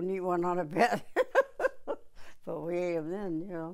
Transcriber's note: laughs